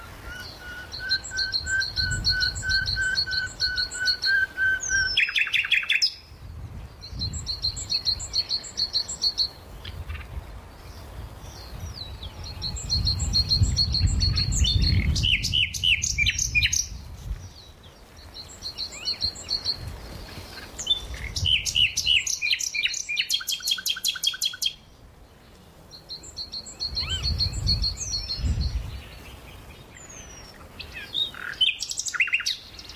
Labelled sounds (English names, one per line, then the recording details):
Eurasian Penduline Tit call
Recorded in the wild
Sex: male
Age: adult
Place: Karower Teiche, Berlin, DE
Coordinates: 52.6222, 13.46
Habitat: pond
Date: 1988-05-01 10:22
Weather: sunny, 17-25°C
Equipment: Nagra SN, Kopie Tesla B 116
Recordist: Tembrock, Günter